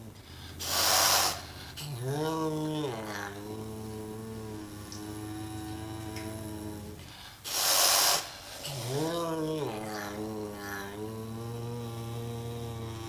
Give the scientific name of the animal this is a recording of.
Leptailurus serval